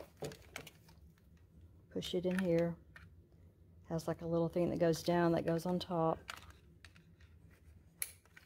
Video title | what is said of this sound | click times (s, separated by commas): Panasonic Five Phone Set - Advanced Call Block - Bluetooth | that's the one you hear the click on | 8.0 s